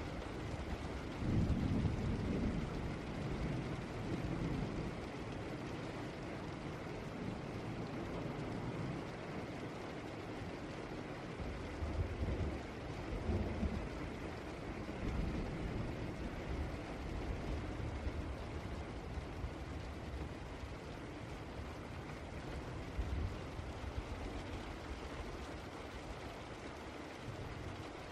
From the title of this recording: Rain Sounds